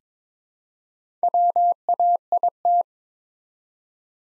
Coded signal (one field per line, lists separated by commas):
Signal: Morse code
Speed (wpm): 22 wpm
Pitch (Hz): 700 Hz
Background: none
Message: WAIT